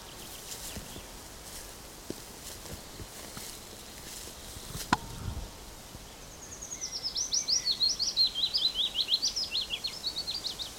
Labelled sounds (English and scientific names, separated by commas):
Willow Warbler (Phylloscopus trochilus)